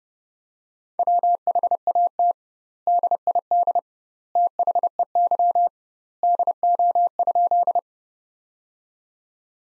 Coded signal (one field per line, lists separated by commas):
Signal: Morse code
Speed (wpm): 30 wpm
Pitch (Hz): 700 Hz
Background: none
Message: WHAT DID THEY DO?